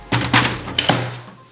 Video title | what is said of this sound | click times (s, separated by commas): 🧩 Building with K'NEX! (& finishing that Cat Puzzle) - Puzzles in Real Time 1.8.23 | the satisfying click when you close it I know it's so good | 0.8 s